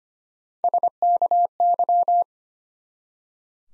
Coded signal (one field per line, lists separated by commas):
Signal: Morse code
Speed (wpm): 25 wpm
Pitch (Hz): 700 Hz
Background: none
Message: SKY